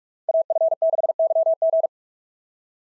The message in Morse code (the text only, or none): AF6YG